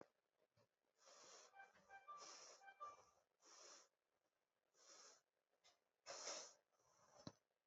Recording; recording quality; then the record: shallow breathing; excellent, no background noise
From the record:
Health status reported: healthy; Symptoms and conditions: none ticked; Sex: female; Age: 63 years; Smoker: not ticked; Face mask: not worn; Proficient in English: yes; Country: India